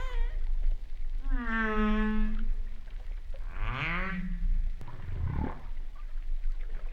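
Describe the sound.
Humpback whale song: a long harmonic moan, then a swooping upsweep and a downward whoop, all over a deep, constant rumble.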